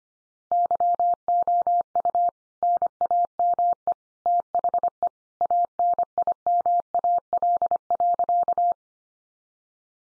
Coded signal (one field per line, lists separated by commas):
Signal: Morse code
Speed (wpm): 25 wpm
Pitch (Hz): 700 Hz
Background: none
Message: YOU NAME THE ANIMAL.